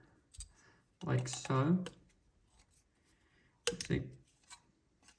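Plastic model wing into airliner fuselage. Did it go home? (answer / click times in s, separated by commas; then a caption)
yes / 3.7 s. A plastic wing of a PPC American Airlines Boeing 787-9 1:200 scale snap-fit airliner model, which needs no glue, is pushed onto the fuselage while someone talks. A sharp snap at 3.7 s marks the wing seating into place on the body.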